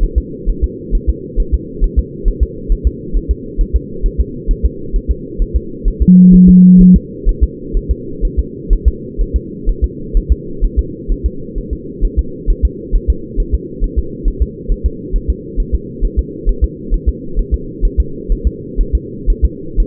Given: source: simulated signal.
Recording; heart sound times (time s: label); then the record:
fetal heart sounds
0.03 s: S1
0.18 s: S2
0.49 s: S1
0.64 s: S2
0.95 s: S1
1.09 s: S2
1.40 s: S1
1.54 s: S2
1.84 s: S1
1.99 s: S2
2.28 s: S1
2.43 s: S2
2.72 s: S1
2.87 s: S2
3.16 s: S1
3.31 s: S2
3.61 s: S1
3.76 s: S2
4.06 s: S1
4.20 s: S2
4.51 s: S1
4.65 s: S2
4.96 s: S1
5.11 s: S2
5.42 s: S1
5.56 s: S2
5.88 s: S1
6.02 s: S2
6.34 s: S1
6.49 s: S2
6.81 s: S1
6.96 s: S2
7.29 s: S1
7.43 s: S2
7.77 s: S1
7.91 s: S2
8.25 s: S1
8.39 s: S2
8.73 s: S1
8.88 s: S2
9.21 s: S1
9.36 s: S2
9.69 s: S1
9.84 s: S2
10.17 s: S1
10.32 s: S2
10.64 s: S1
10.79 s: S2
11.12 s: S1
11.26 s: S2
11.58 s: S1
11.73 s: S2
12.05 s: S1
12.19 s: S2
12.50 s: S1
12.65 s: S2
12.95 s: S1
13.10 s: S2
13.40 s: S1
13.55 s: S2
13.84 s: S1
13.98 s: S2
14.28 s: S1
14.42 s: S2
14.72 s: S1
14.86 s: S2
15.16 s: S1
15.30 s: S2
15.60 s: S1
15.75 s: S2
16.05 s: S1
16.19 s: S2
16.49 s: S1
16.64 s: S2
16.94 s: S1
17.09 s: S2
17.39 s: S1
17.54 s: S2
17.85 s: S1
18.00 s: S2
18.32 s: S1
18.47 s: S2
18.80 s: S1
18.95 s: S2
19.30 s: S1
19.45 s: S2
19.80 s: S1
From the record:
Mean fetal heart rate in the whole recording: 130 bpm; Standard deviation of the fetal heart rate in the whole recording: 4 bpm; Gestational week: 38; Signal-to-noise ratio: -4.3 dB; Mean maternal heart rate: 72 bpm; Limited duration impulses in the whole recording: present